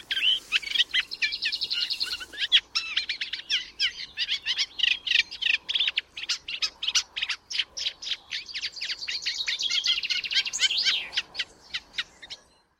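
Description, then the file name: Eurasian reed warbler song, a steady run of harsh chattering and churring notes, going on almost without pause for about twelve seconds. "kleine karekiet"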